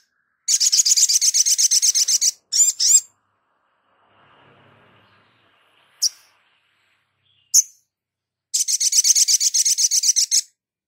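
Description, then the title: Spiderhunter song: rapid high trills of evenly repeated notes, pausing for lone sharp chips before the trill returns. Masteran (training recording for cage birds), Labaik variant. "Masteran Burung Sogok Ontong Labaik"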